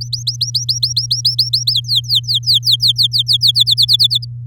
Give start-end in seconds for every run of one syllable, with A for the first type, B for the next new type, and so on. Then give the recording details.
0.01-1.73 A, 1.73-3.51 B, 3.55-4.25 C. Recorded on 8 May 2018 at 12:14. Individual llb16